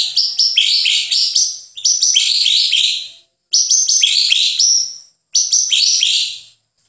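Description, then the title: White-rumped shama song: four loud, high, tumbling phrases of rich whistled and buzzy notes, each lasting about a second and a half, separated by short pauses. "MURAI BATU"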